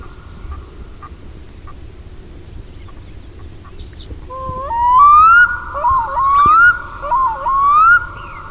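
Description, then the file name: Black-throated loon calling after a few quiet seconds: several loud, rising, whistled phrases, each dipping then sliding upward. "KUIKKA"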